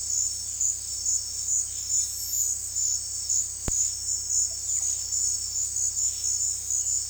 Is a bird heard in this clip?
no